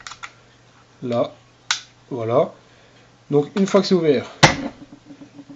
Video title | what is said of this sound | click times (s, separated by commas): Présentation du walther SG 68 model 16 joules | Pour refermer, on pousse tout simplement jusqu'à entendre le petit clic. | 0.1 s, 0.2 s